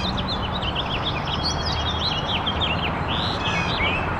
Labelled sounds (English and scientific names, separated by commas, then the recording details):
House Finch (Haemorhous mexicanus) song
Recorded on Long Island, New York, on 8 April 2011
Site FR
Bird A